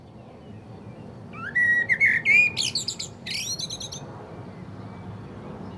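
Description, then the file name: Common blackbird delivering a single phrase of rich fluted whistles that rise, then dissolve into a rapid, high, scratchy twitter, over steady low background noise. "Turdus merula"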